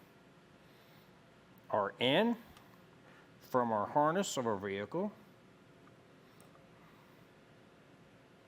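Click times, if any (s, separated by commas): none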